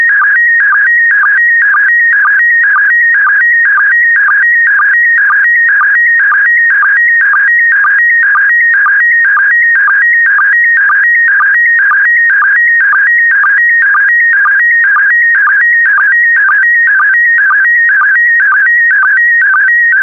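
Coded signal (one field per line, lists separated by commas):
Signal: SSTV (slow-scan television)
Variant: PD120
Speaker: the next image transmission will start in 10 seconds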